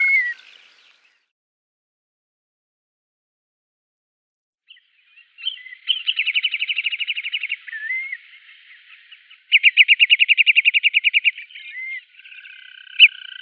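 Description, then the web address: Marsh sandpiper display song, opening with a brief whistle, then silence, followed by two bursts of rapid rhythmic trilling separated by a whistled note. "Schulze Peter Marsh Sandpiper"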